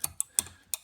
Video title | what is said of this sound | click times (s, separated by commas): Complete guide to replacing brake pads and rotors (2012 Mazda) | they just snap right in. I got lucky in this one. | 0.2 s, 0.4 s, 0.7 s